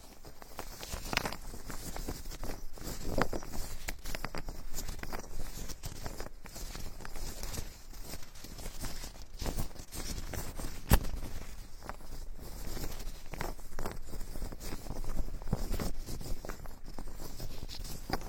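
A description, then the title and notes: Ear picking and ear massage with a tree-style tool: a dense, continuous run of scratchy rustles and soft taps that crowd together with no real pause. The level stays fairly even throughout, apart from one sharp click just before eleven seconds. Tree Ear Picking Supreme Spa Ear Massage.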